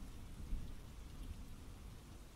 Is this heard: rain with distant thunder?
yes